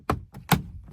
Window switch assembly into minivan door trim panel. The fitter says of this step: And you're going to just give it a little bit of a push. Hear the snap,